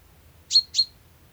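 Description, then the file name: Common chaffinch giving two bright high call notes a quarter second apart, background otherwise quiet. "Fringilla coelebs"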